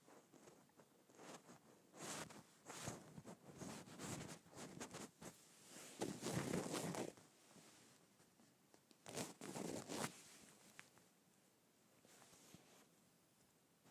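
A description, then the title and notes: A leather bag is scraped and rubbed, making dry, scratchy strokes in irregular bursts. Denser, louder scraping swells around six to seven seconds and again near nine to ten, with softer taps and rustles between. Scraping my Leather Bag.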